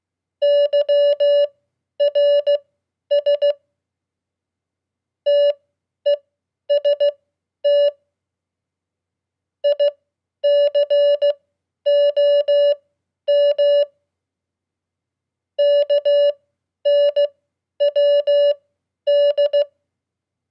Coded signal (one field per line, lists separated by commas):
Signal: Morse code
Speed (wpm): 16 wpm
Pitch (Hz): 580 Hz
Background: none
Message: YRS TEST ICOM KNWD